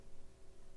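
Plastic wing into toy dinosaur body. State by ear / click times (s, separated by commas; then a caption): not seated / none. A plastic wing is being pressed onto the body of a small Kinder Surprise toy dinosaur; it clips in once a small groove is lined up. Only a steady low hum and faint noise are heard, with no sharp sounds. Nothing has seated or clicked yet.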